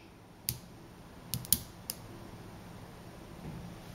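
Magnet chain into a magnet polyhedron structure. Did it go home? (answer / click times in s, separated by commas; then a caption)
yes / 0.5 s, 1.3 s, 1.5 s, 1.9 s. A chain of small spherical neodymium magnets is set down onto a magnet polyhedron sculpture and snaps into position by itself. Sharp, short clicks ring out at 0.5, 1.3, 1.5 and 1.9 seconds over a quiet background, and the chain is seated in place.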